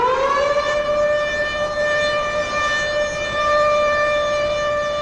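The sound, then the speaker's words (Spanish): The Ítalo's morning siren, sounding across a town and its railway sheds: a loud siren swells upward in pitch over the first half second, then holds one steady, sustained droning tone, rich and buzzy, with no voices. “Todas las mañanas me despierta la sirena de la Ítalo.”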